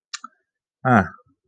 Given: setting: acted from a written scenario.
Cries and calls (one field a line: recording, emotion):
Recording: vocal sound without words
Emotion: neutral